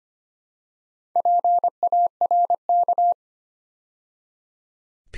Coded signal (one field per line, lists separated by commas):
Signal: Morse code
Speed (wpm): 25 wpm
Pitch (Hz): 700 Hz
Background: none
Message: PARK